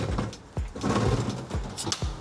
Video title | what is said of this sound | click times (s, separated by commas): KINETIQ 4x4 Manual Roller Shutter Installation guide suit BYD Shark 6 | And you hear that click, that means the lock is re-engaged. | 1.9 s